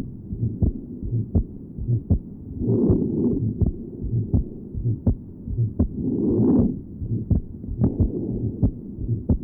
Has an innocent systolic murmur. Note the grunting character of the ejection systolic murmur and the normal splitting of the second heart sound. Recording taken at pulmonary area.